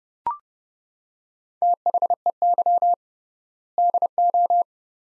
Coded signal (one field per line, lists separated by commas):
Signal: Morse code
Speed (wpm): 30 wpm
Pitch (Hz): 700 Hz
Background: none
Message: THEY DO